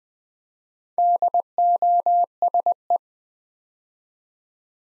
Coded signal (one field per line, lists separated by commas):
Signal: Morse code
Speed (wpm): 20 wpm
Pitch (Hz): 700 Hz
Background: none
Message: DOSE